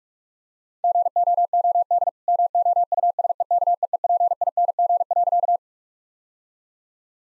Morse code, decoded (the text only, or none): GOOD MOUSEKEEPING.